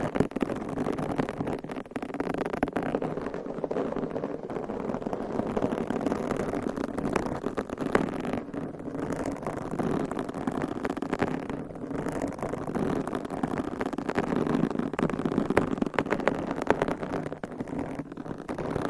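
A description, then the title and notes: Microphone scratching and rubbing runs throughout, a dense, steady rustle of friction noise with many small clicks and scrapes scattered across the whole clip. The sound is fairly mid-heavy, with a low rumble underneath and no clear pauses. Mic Scratching Edition! ASMR No Talking.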